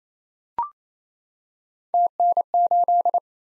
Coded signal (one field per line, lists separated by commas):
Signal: Morse code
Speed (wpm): 28 wpm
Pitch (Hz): 700 Hz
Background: none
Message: TN8